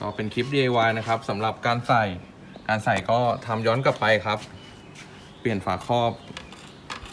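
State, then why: Seated. A plastic side-mirror cover for a 2015–2018 Triton is refitted onto the mirror housing and pushed straight in while someone talks. Two sharp clicks at 6.4 s and 6.9 s mark its clips locking into place, and the cover is seated.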